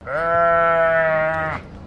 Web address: Sound Effects-Foundation 1 ANIMAL SHEEP BAA